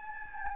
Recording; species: mosquito wingbeat signal from an infrared sensor; Anopheles gambiae